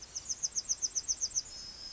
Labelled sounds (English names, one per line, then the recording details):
Yellowhammer song
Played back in grassland
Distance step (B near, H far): E
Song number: 014